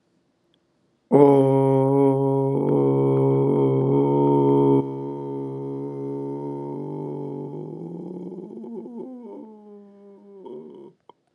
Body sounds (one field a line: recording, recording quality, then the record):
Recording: sustained vowel as in boot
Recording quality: excellent, no background noise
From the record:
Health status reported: healthy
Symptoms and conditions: breathing difficulty, diabetes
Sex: male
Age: 52 years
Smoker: not ticked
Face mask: not worn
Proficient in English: yes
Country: India